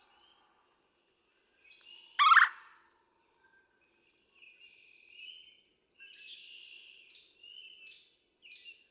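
Red-bellied woodpecker giving one loud, harsh rolling churr, followed by soft warbled and whistled phrases from other birds.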